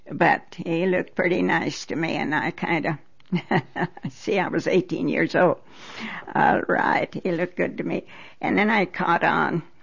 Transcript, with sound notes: But he looked pretty nice to me and I kind of,, (she laughs) see, I was eighteen years old. All right. He looked good to me, and then I caught on